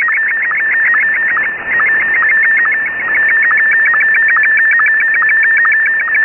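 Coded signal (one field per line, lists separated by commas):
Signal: SSTV (slow-scan television)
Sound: steady mid-pitched tone with rapid regular clicks and chirps, several per second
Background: radio static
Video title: A complete SSTV QSO in 5 parts using RTL-SDR and QSSTV - Part 5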